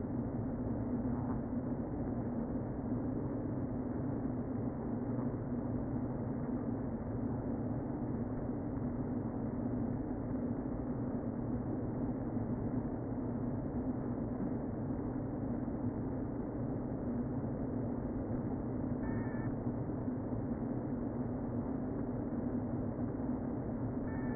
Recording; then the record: honeybee colony, microphone inside the hive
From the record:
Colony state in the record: queen present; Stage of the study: before two queens were removed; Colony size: about 60,000 bees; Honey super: yes